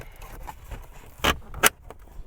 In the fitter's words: you hear the clicking